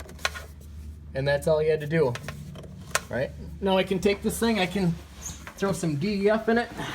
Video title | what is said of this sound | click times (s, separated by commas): QUICK AND CHEAP: How to drain the DEF on Ram Ecodiesel | uh keep pushing on it until you hear that click that means it's locked into place | 0.2 s